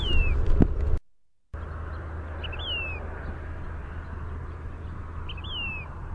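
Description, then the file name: Say's phoebe singing a few clear, falling whistles, some led by a short higher note, with a constant low hum and a brief dropout. "SAPH song"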